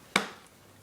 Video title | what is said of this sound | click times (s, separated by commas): Harnessing an Infant in an Infant Carrier | put it through here and then that just snaps back in so | 0.2 s